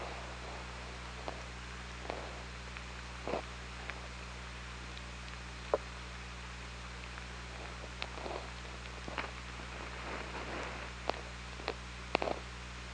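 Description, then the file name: Killer whale click trains and brief pulses, irregular and frequent, heard against steady low-pitched underwater hum. Hydrophone recording from OrcaLab, 24 August 2017, 20:37. "Orca Lab 20170824 203750"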